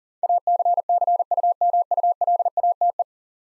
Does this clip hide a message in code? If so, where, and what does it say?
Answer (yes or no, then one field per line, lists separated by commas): yes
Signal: Morse code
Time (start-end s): 0.2-3.0 s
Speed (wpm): 44 wpm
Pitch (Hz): 700 Hz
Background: none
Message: ACCUMULATE